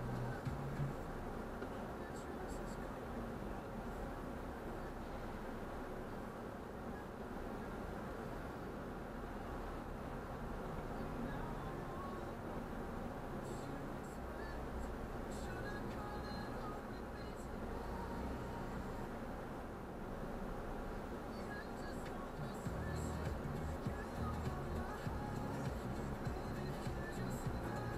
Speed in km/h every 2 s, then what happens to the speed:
4, 5, 6, 6, 6, 5, 5, 6, 6, 7, 6, 4, 3, 3.
0-28 steady at about 5.